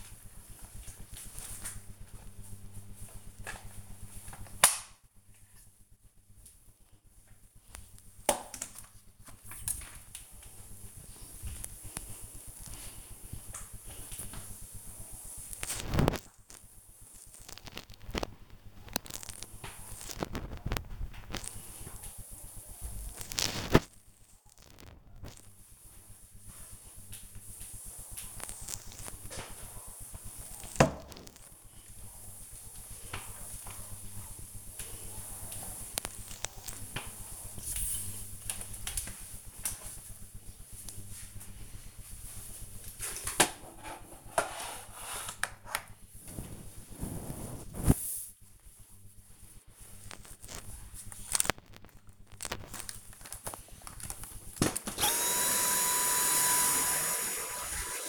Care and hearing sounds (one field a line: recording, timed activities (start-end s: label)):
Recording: household activities, microphone on the right wrist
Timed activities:
0.00-44.34 s: floor cleaning
52.39-58.09 s: vacuum cleaning